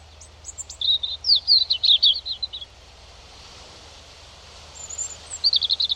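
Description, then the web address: European robin song, a rapid run of high twittering notes, a pause, then another high phrase begins. "Deverinetal 2025 File origin Bird Only Er Ru"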